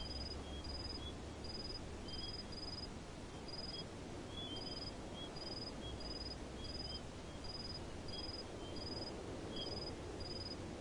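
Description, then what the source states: Crickets give high pulsed chirps throughout, a fainter lower chirper alongside, over constant low rumbling hiss. Crickets chirping in a desert.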